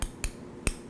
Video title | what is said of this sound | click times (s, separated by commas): ARVS Special Procedures video | i squeeze it together and i'll hear that clicking noise that maybe you heard when i did that | 0.0 s, 0.2 s, 0.7 s